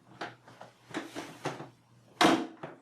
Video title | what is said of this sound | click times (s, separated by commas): Bidet buying and Installing a Toto C100 Washlet | it clicks okay now that we have it in what we're looking to do is just | 2.2 s